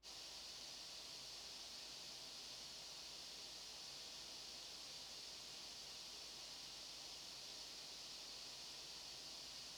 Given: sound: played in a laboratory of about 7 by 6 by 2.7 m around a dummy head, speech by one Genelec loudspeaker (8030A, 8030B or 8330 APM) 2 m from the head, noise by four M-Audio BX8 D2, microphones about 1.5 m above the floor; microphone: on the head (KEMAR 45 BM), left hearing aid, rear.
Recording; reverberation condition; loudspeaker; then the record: white noise; low; four, about 170 cm from the corners of the room and facing them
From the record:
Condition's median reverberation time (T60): about 310 ms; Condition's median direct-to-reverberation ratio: about 3.5 dB